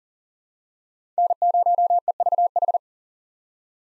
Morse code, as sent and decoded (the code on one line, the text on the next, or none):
-. ----- . ...- ....
N0EVH